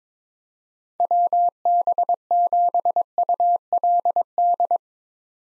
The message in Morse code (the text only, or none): WB7ULD